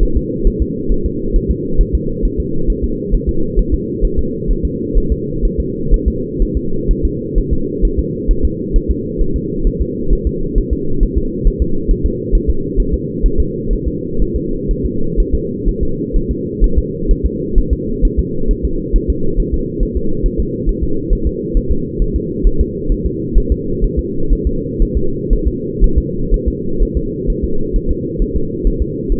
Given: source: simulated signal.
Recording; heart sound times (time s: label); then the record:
fetal heart sounds
0.03 s: S1
0.17 s: S2
0.47 s: S1
0.62 s: S2
0.92 s: S1
1.06 s: S2
1.36 s: S1
1.51 s: S2
1.81 s: S1
1.95 s: S2
2.25 s: S1
2.40 s: S2
2.70 s: S1
2.84 s: S2
3.14 s: S1
3.29 s: S2
3.59 s: S1
3.74 s: S2
4.05 s: S1
4.19 s: S2
4.51 s: S1
4.65 s: S2
4.98 s: S1
5.12 s: S2
5.45 s: S1
5.60 s: S2
5.94 s: S1
6.08 s: S2
6.42 s: S1
6.57 s: S2
6.91 s: S1
7.05 s: S2
7.38 s: S1
7.53 s: S2
7.85 s: S1
7.99 s: S2
8.31 s: S1
8.45 s: S2
8.76 s: S1
8.90 s: S2
9.21 s: S1
9.36 s: S2
9.67 s: S1
9.81 s: S2
10.13 s: S1
10.27 s: S2
10.58 s: S1
10.73 s: S2
11.03 s: S1
11.18 s: S2
11.47 s: S1
11.62 s: S2
11.91 s: S1
12.06 s: S2
12.35 s: S1
12.49 s: S2
12.80 s: S1
12.94 s: S2
13.26 s: S1
13.40 s: S2
13.73 s: S1
13.88 s: S2
14.22 s: S1
14.36 s: S2
14.71 s: S1
14.85 s: S2
15.20 s: S1
15.34 s: S2
15.69 s: S1
15.83 s: S2
16.16 s: S1
16.31 s: S2
16.64 s: S1
16.78 s: S2
17.11 s: S1
17.26 s: S2
17.58 s: S1
17.73 s: S2
18.05 s: S1
18.19 s: S2
18.51 s: S1
18.65 s: S2
18.96 s: S1
19.10 s: S2
19.40 s: S1
19.54 s: S2
19.83 s: S1
19.97 s: S2
20.26 s: S1
20.40 s: S2
20.69 s: S1
20.83 s: S2
21.13 s: S1
21.27 s: S2
21.57 s: S1
21.71 s: S2
22.02 s: S1
22.16 s: S2
22.47 s: S1
22.61 s: S2
22.92 s: S1
23.06 s: S2
23.38 s: S1
23.52 s: S2
23.84 s: S1
23.99 s: S2
24.33 s: S1
24.47 s: S2
24.82 s: S1
24.97 s: S2
25.33 s: S1
25.47 s: S2
25.84 s: S1
25.98 s: S2
26.34 s: S1
26.48 s: S2
26.83 s: S1
26.97 s: S2
27.30 s: S1
27.44 s: S2
27.76 s: S1
27.91 s: S2
28.22 s: S1
28.36 s: S2
28.67 s: S1
28.82 s: S2
29.12 s: S1
From the record:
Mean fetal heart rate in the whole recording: 130 bpm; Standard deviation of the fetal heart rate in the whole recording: 4 bpm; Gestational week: 38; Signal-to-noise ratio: -8.1 dB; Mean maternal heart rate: 72 bpm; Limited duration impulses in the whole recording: absent